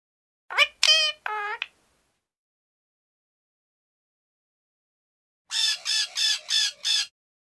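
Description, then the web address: Bird calls: three short harmonic notes with bending pitch, then after a silence five harsh, buzzy squawks in quick succession. "ptici ptici"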